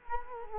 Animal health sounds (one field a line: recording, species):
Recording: mosquito wingbeat signal from an infrared sensor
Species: Culex quinquefasciatus